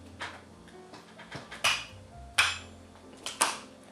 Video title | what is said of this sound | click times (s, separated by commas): My wife’s gaming setup is better than mine now… | you gotta listen for the snaps the snaps indicate that's that's where it's hit | 1.6 s, 2.4 s, 3.4 s